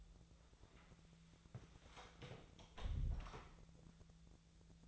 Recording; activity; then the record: daily activity, microphone in the room; close door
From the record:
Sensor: 3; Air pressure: 1000.4 hPa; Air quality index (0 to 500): 178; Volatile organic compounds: 4 ppm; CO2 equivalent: 1546 ppm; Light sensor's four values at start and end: 15/35/15/15 and 14/35/15/15